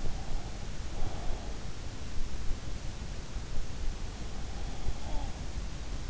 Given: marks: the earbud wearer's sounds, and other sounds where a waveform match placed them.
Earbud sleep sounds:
sounds in sleep by an in-ear microphone; breath
0.13-1.56 s: breath

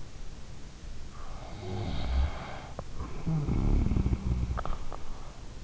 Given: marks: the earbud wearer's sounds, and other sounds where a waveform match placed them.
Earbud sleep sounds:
sounds in sleep by an in-ear microphone; snoring breath
1.14-5.10 s: snoring breath

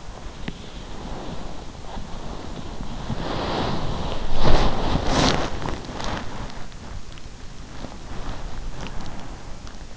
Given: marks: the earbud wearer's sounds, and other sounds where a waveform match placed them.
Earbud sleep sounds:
sounds in sleep by an in-ear microphone; body movement
0.00-9.66 s: body movement

